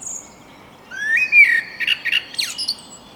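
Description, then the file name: Eurasian blackbird call, a rising note followed by a quick run of harsh chattering notes, with a faint high whistle at the start. "Turdus merula"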